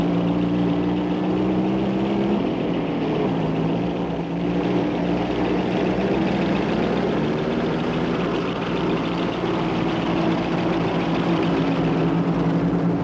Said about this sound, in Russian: Два немецких грузовика в сопровождении двух мотоциклов едут по дороге.